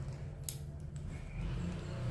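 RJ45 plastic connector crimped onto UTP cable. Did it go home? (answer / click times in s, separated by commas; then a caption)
yes / 0.5 s. An RJ45 plastic connector on a UTP network cable is squeezed in a crimping tool, giving a sharp crack at 0.5 s and a fainter tick at 1.0 s over a steady low hum. The crack means the cable is locked firmly in the connector.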